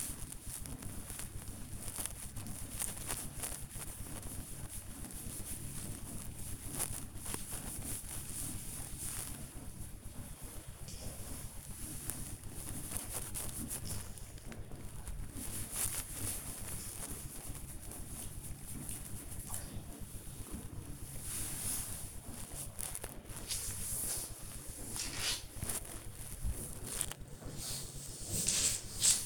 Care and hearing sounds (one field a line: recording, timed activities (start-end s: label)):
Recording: household activities, microphone on the right wrist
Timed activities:
0.00-29.26 s: petting the dog